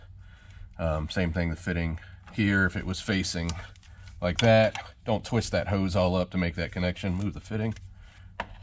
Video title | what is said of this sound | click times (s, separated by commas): J&L Oil Separator Install 2021-2026 Ford F-150 5.0 3131P | Snaps into place. | 8.4 s